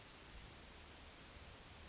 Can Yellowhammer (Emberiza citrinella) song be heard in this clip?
no